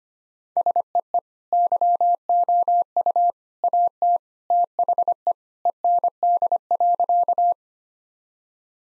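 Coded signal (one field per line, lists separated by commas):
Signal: Morse code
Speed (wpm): 25 wpm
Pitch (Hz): 700 Hz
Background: none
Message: SEE YOU AT THE END.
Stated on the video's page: 25 wpm Morse practice of sentences built from common three-word phrases, for head copy.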